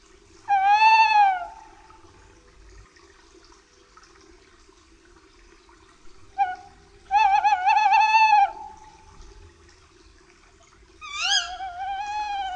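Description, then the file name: Tawny owl calling in drawn-out wavering notes, three long harmonic phrases spaced several seconds apart over a steady low hum. "puszczyk"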